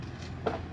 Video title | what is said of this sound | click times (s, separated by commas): Extreme Online Store - Corvette C7 Stage 2.5 Conversion Front Splitter Lip Installed by @johnny_dk | keep squeezing till you hear a pop | 0.5 s